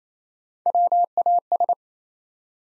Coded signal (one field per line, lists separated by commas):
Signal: Morse code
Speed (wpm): 28 wpm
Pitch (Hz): 700 Hz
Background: none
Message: WAS